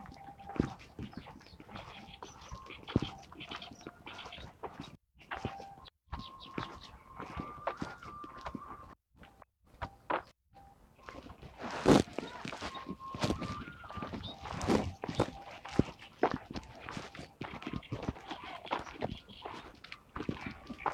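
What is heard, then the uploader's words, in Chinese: Various bird calls sound over natural background noise, with steady whistled tones and frequent sharp clicks and rustles, busier after the midpoint. 沙河北岸鸟鸣记录。在沙河观鸟三小时，记录下多种鸟类的叫声和自然的声音，当然还有人声。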